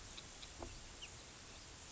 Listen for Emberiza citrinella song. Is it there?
no